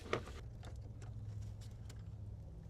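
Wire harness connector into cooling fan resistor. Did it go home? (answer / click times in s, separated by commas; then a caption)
no / none. A new cooling-fan wire harness connector on a Mustang GT is handled at the fan resistor, with small sharp taps at about 0.1, 0.7, 1.0 and 1.9 seconds over a steady low hum. Nothing has seated or clicked yet.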